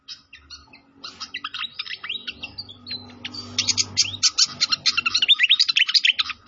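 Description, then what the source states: Pied fantail song: varied chattering and slurred whistles that quicken into a dense, loud run of sharp notes, with a low steady hum in the background. Training recording (masteran) of a clear-voiced pied fantail.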